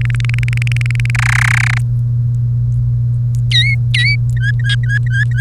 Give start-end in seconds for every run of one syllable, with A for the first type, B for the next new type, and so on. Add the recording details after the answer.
0.01-1.10 A, 1.15-1.78 B, 3.51-4.16 C, 4.37-5.40 D. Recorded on 1 May 2018 at 09:00. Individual llb3